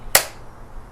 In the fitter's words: and then the whole thing should fold down like so until it clicks into place